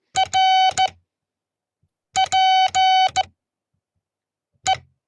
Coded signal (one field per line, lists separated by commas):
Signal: Morse code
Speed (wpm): 14 wpm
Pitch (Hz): 760 Hz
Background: none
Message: R P E